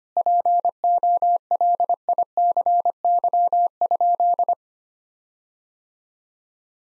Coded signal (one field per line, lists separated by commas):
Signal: Morse code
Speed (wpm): 25 wpm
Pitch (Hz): 700 Hz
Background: none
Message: POLICY?